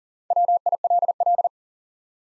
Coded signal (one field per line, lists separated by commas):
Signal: Morse code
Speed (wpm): 37 wpm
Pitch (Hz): 700 Hz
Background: none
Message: WILL